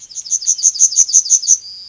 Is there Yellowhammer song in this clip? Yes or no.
yes